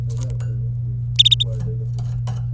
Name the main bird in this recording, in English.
Domestic Canary